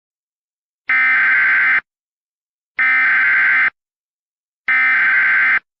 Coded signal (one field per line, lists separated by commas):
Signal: Emergency Alert System (SAME) tones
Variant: header bursts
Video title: *VALID TONES* Hellmo (EAS Scenario)